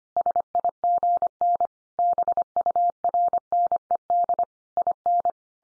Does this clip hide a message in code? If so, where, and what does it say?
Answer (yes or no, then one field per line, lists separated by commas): yes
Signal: Morse code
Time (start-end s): 0.2-5.3 s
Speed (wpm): 25 wpm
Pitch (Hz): 700 Hz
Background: none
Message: SIGN BURNED IN